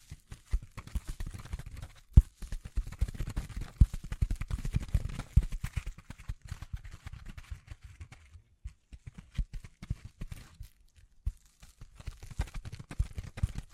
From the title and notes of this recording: ASMR 9 Triggers Assortment for Sleep Tapping, Scratching, Brushing, Crinkles(No Talking).